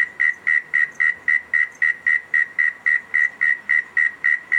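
Cricket chirps, evenly spaced pulsing trills repeated roughly four per second over a quiet hiss.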